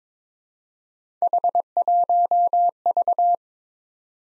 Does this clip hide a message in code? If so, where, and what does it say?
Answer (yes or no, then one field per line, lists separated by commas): yes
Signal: Morse code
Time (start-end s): 1.2-3.4 s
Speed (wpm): 22 wpm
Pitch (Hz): 700 Hz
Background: none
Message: H1V